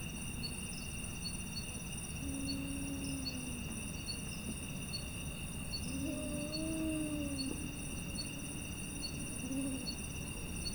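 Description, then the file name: Arabian eagle-owl hoots: a few low drawn-out notes spread throughout, over steady high insect trilling. Five individuals hooting together at dusk. "Arabian Eagle Owl Hooting Of Five Individuals At Dusk"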